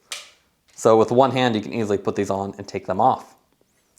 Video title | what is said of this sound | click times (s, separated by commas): Travel back to 1987 - Smith Ultralite Oversized Semi-Frameless Cycling ChromaPop Sunglasses Review | it close has a very strong hinge on here or a little spring that'll snap into place so with one | 0.1 s